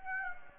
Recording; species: mosquito wingbeat signal from an infrared sensor; Aedes aegypti